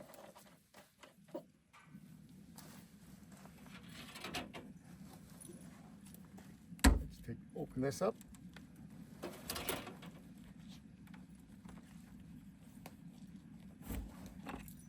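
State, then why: Not seated. A port on a camper is opened and a heater duct fitting is handled and pushed toward it while someone talks, with rustling, knocks and a sharp hit from the handling over a steady low hum. The clip ends before the fitting goes home; nothing has seated or clicked yet.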